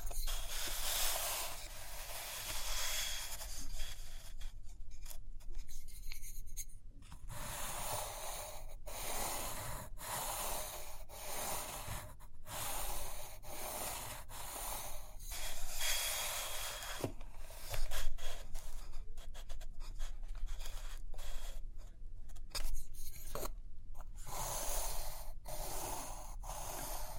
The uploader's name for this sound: Page Turning and Tapping, Writing, Drawing